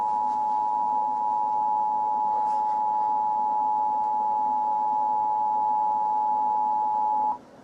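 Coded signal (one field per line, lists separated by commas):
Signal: Emergency Alert System (SAME) tones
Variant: 853 and 960 Hz attention tone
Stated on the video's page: Fictional EAS scenario in analog horror style; simulated alert tones.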